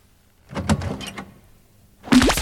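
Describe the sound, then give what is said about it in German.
A door is opened a crack, creaking and rattling slowly with a few clicks of the latch, then after a pause a sharp scraping squeak rises in pitch as it moves further. “Warten Sie, ich mach die Tür einen Spalt auf.”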